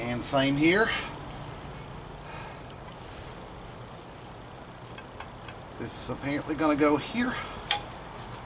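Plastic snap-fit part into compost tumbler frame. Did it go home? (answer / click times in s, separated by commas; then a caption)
yes / 7.7 s. A plastic snap-fit part is pushed into its mating position on the frame of a Gobetter 45 gallon compost tumbler while someone talks. A sharp click at 7.7 s shows the part has snapped into place and seated.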